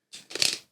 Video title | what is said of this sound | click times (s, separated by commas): 10 Types of Dog Leashes And When To Use Them | just click click back and and sometimes you don't click it far enough yeah did you hear that one I don't know | 0.4 s